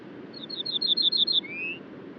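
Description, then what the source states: Ortolan bunting singing a run of evenly spaced high chirped notes, then ending on a single drawn-out lower whistle. Male singing on a larch at the treeline, about 400 m below Col du Granon (2400 m), Hautes-Alpes above Briançon, at dawn on 23 June 2018.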